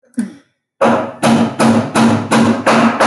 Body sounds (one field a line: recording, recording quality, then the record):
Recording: sustained vowel as in boot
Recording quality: poor, much background noise or distortion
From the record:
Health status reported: healthy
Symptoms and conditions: cough, cold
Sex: female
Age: 25 years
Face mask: not worn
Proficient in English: yes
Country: India